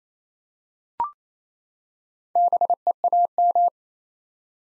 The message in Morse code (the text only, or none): BEAM